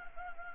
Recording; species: mosquito wingbeat signal from an infrared sensor; Anopheles gambiae